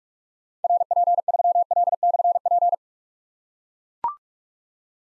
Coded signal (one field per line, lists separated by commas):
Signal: Morse code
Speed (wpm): 44 wpm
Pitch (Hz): 700 Hz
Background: none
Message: RP3L/P